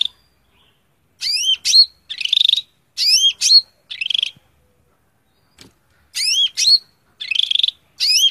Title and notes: Suara Burung Cucak Ijo. mantap buat masteran burung cak ijo